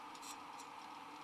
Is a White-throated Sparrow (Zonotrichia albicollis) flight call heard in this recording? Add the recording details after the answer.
no. No flight call is heard. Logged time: 22:24 on 13 December 2014